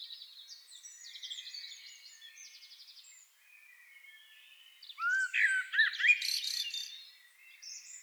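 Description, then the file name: Common blackbird song, a low fluted warble breaking into a squeaky high twitter near the end, after several seconds of thin, scratchy high chirps. "Turdus merula"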